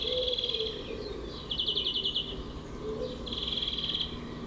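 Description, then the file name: European greenfinch: a smooth trill, a coarser pulsed rattle, then another long trill, with quiet lower whistles in the background. "Chloris chloris"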